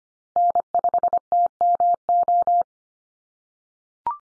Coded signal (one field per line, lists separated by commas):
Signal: Morse code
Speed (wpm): 25 wpm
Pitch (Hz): 700 Hz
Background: none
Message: N5TMO